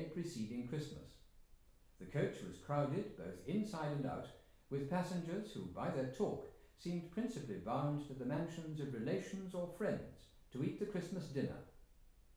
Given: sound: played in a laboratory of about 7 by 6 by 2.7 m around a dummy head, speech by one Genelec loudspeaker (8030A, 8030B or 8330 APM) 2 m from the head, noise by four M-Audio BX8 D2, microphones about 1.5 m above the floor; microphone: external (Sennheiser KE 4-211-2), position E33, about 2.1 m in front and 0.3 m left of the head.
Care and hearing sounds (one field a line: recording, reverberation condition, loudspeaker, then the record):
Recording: male speech in English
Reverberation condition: medium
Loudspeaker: 30 degrees to the right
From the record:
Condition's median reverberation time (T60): about 510 ms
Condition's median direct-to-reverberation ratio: about -0.5 dB